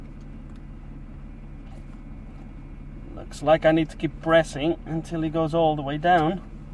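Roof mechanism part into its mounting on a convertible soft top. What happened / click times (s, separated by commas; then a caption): Handled, not yet home: no seating click is heard / none. A part of the convertible soft-top roof mechanism on a Mercedes CLK W209, whose roof is not working, is being refitted after coming off and pressed down into its mounting so it goes all the way down and locks in place. A steady low hum runs throughout, and someone talks from about 3.3 seconds to the end. Nothing has seated or clicked yet.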